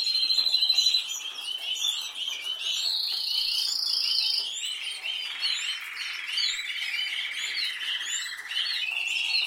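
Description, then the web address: Canary song with rapid rolling trills and a sustained buzzy trill, set against dense twittering. "Canari Seda Canari"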